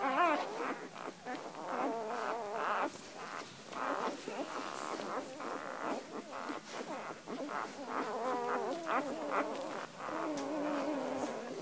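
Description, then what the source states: Dog: several puppies whining together, thin quavering squeals and whimpers overlapping almost without pause. Puppies in their first week of life.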